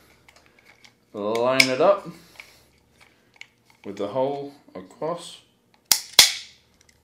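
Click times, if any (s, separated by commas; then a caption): 5.9 s. Someone talks while lining up the cross-bolt safety with its hole and pushing it through the side of an Empire BT4 Combat paintball marker's frame. It snaps into place with one loud, sharp click at 5.9 s, followed by a second sharp hit at about 6.2 s. The safety is seated.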